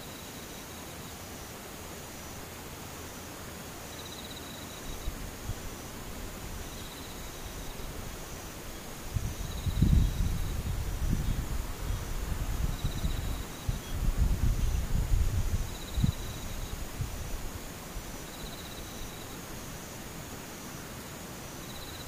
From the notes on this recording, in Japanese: ムシ